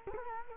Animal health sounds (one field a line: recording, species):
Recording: mosquito wingbeat signal from an infrared sensor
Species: Culex quinquefasciatus